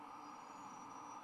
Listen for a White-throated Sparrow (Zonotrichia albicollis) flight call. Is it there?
no